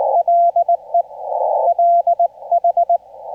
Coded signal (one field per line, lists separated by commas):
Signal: Morse code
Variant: Korean alphabet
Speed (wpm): 19 wpm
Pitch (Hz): 690 Hz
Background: none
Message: 가 구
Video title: Chatting in Korean Morse Codes/6K5EIA and HL1SB #Ulsan #CW #6K5EIA #HL1SB #HAM #A1